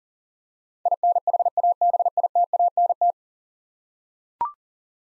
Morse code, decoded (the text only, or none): INHABITANT